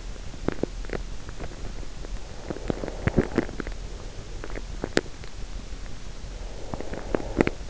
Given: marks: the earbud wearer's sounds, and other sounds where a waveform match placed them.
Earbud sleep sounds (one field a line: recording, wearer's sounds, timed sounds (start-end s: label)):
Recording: sounds in sleep by an in-ear microphone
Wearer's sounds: teeth grinding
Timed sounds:
0.37-1.21 s: teeth grinding
2.45-3.94 s: teeth grinding
4.53-5.37 s: teeth grinding
6.67-7.70 s: teeth grinding